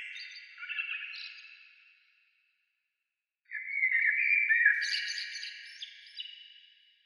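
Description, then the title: Bird song with a fading warbled phrase, a short silence, then a longer bright phrase full of quick trills and high notes, dying away slowly. "Oiseaux"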